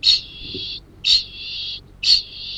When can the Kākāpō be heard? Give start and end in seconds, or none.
0.11-2.58